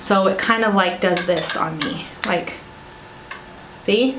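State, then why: Not seated. Someone talks while closing the plastic lid of a highlighter cushion compact onto its base, and a brief, light tap is heard around 3.3 seconds. The lid fails to latch because the front part is missing, so nothing has clicked shut.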